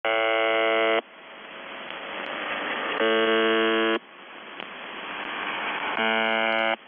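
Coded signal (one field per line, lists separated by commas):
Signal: channel marker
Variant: UVB-76 (The Buzzer)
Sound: harsh one-second buzzes repeating every three seconds, three heard, static between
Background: radio static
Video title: The Buzzer/UVB-76(4625Khz) April 8, 2021 15:40UTC Voice message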